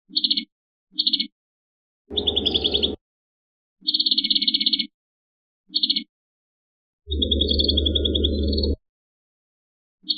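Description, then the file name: Prinia giving short clipped chirp bursts interspersed with longer high trilled phrases, one lasting nearly two seconds, each accompanied by a low rasping noise. "suara burung perenjak kamboja. omkicau"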